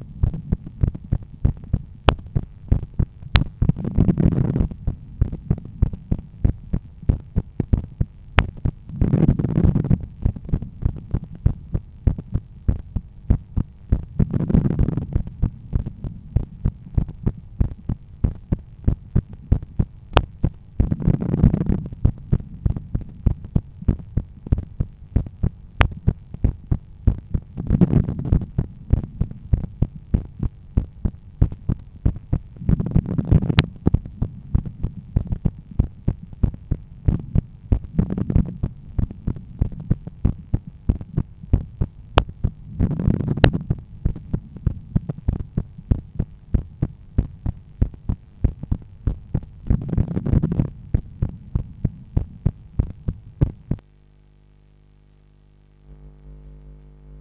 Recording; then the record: heart sounds by stethoscope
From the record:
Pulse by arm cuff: 93 bpm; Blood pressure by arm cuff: 121/78 mmHg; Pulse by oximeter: 93 bpm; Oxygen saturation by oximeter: 97%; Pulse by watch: 93 bpm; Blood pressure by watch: 129/84 mmHg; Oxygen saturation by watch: 97%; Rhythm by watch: sinus rhythm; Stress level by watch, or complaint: low stress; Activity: after 10 min smoking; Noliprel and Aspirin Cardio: after pills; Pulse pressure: 43 mmHg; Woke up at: 7:30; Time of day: 20:52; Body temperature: 36.5 C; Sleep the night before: 8 h 32 min, score 78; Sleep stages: REM 32%, light 50%, deep 12%, awake 6%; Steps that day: 9500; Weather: clear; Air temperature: 20.8 C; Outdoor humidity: 65%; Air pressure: 1014 hPa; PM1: 11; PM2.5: 15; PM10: 17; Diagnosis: hypertension, treated with Noliprel and Aspirin Cardio 100 mg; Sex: male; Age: 53 years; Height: 174 cm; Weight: 81 kg